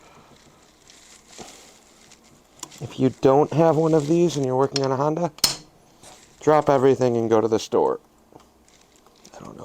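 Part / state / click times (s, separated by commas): Phillips screw in motorcycle engine top-end cover / stripped / 9.2 s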